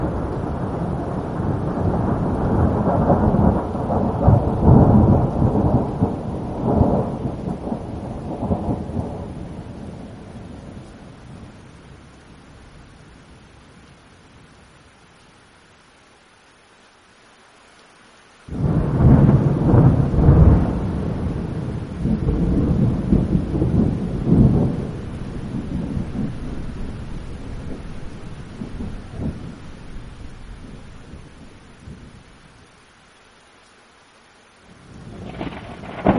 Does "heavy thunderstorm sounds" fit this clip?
yes